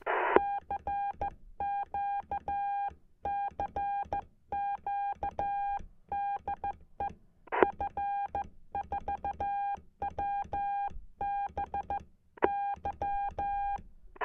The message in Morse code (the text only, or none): CQ CQ DE F4WBY